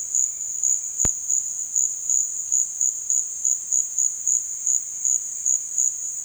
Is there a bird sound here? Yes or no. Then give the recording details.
no. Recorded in dense forest near Puerto Asís, Putumayo, Colombia, on 23 June 2025 at 15:30. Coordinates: 0.466, -76.327. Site GP04